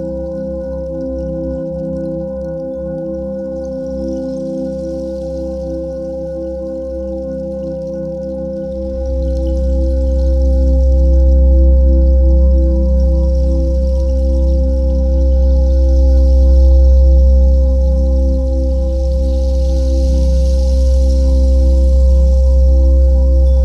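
A steady 528 Hz binaural tone hums over a low, bowl-like drone that swells louder after nine seconds, with faint airy shimmer above.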